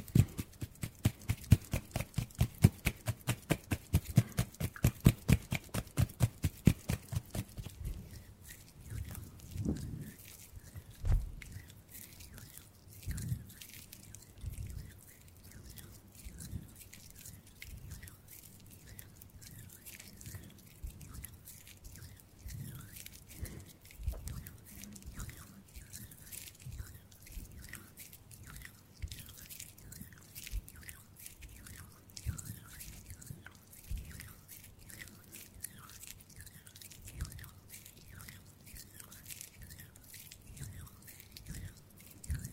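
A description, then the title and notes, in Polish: ASMR hand sounds: for the first eight seconds or so, a fast, even run of crisp taps or clicks, louder than the rest. After that the hands turn softer, with dense, irregular crackling and rubbing dotted with light taps that continue steadily to the end. ASMR DŹWIĘKI DŁONI 40 MINUT! 50+ DŹWIĘKÓW.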